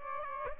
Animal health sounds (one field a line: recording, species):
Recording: mosquito wingbeat signal from an infrared sensor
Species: Aedes aegypti